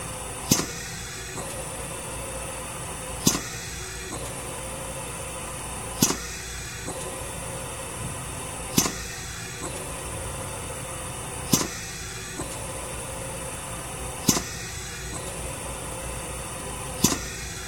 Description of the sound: Hospital Ventilator Compressor Air Release.